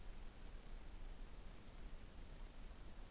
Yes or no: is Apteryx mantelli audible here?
no